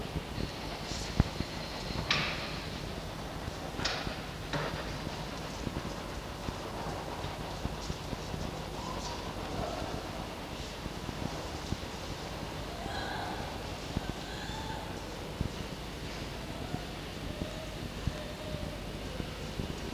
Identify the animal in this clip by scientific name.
Vulpes vulpes